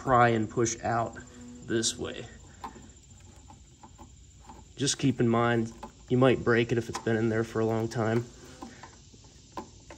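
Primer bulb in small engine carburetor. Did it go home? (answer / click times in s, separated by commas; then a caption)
released / 9.6 s. An old rubber primer bulb on a small engine carburetor is pried out of the carburetor housing with a screwdriver. Someone talks throughout, with a faint steady high hiss in the background. The bulb pops free with a short sharp pop at 9.6 seconds.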